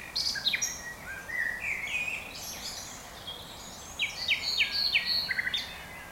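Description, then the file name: Common nightingale song: clear whistled notes, then a quick series of sharp descending notes, over steady background hiss. "Luscinia megarhynchos"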